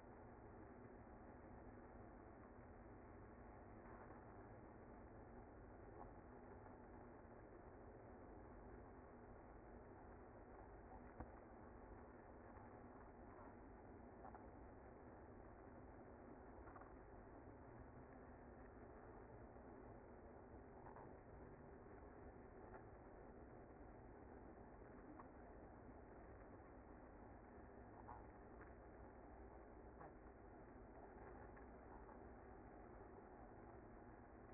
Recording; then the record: honeybee colony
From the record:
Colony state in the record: active